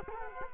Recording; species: mosquito wingbeat signal from an infrared sensor; Culex quinquefasciatus